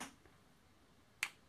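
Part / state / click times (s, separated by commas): fixed-blade knife into its sheath / seated / 1.2 s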